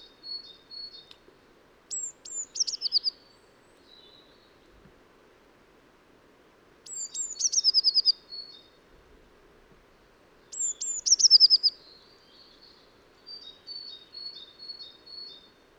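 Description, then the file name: Eurasian blue tit, high thin notes leading into quick churring trills, three bouts, with softer high chips scattered throughout. "Cyanistes caeruleus"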